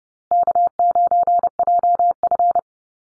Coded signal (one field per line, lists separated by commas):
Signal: Morse code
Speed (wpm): 30 wpm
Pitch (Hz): 700 Hz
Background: none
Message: K9JF